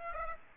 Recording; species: mosquito wingbeat signal from an infrared sensor; Aedes aegypti